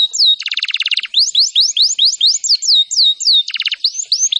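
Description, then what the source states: Canary song of rapid high trills and bursts of buzzy repeated notes alternating with quick downslurred whistles, loud and clear with no other sounds. Singing in full form, described as gacor.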